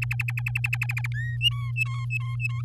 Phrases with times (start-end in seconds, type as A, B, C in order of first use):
0.02-1.07 A, 1.14-1.36 B, 1.41-2.62 C